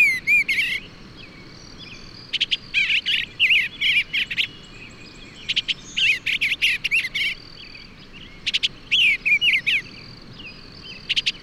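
Bird song of rapid chirping, twittering phrases repeated in short bursts with brief gaps, high and busy, with a thin continuous high tone running beneath.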